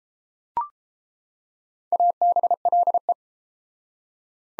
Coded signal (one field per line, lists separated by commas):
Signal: Morse code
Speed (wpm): 32 wpm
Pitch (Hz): 700 Hz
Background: none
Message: ABLE